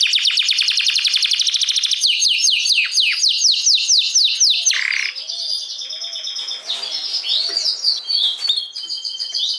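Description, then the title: Domestic canary song: fast rolling trills and falling sweeps, then quieter scratchy warbles and soft chirps in the second half. Portuguese canary breed (Kenari Portugis). "Kenari Portugis"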